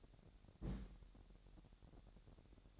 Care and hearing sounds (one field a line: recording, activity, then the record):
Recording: daily activity, microphone in the room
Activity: place on stove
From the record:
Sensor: 3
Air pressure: 1012.0 hPa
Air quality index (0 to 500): 211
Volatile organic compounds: 4 ppm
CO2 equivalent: 1573 ppm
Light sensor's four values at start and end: 106/250/104/94 and 106/250/104/94